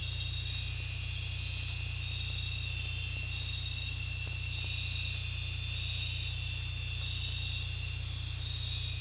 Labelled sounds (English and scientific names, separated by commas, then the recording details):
none
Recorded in dense forest near Puerto Asís, Putumayo, Colombia, on 16 December 2024 at 19:30
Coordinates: 0.467, -76.328
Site GP05